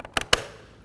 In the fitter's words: should hear a click like